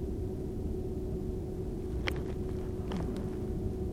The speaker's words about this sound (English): Even you cannot, oh, I hear the car.